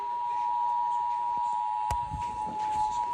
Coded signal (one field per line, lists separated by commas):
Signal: Emergency Alert System (SAME) tones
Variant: 853 and 960 Hz attention tone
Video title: First San Luis Obispo County Monthly EAS Test of 2022 (1/6/22) (EAS #53-59)